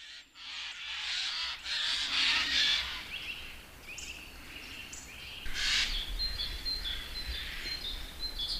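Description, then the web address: Eurasian jay giving harsh, rasping screeches in bursts, with some thin whistled notes and a low background rumble. "Madardalok Cd 2-Szajkó"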